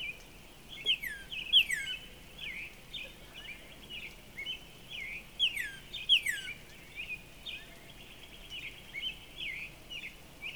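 Northern Cardinal song: loud, steeply down-slurred whistles in two short bursts, with fainter notes in between.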